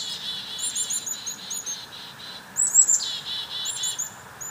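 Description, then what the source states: Chickadees calling: continuous buzzy dee notes with scattered high chips and one louder burst near the middle. Chickadees mobbing.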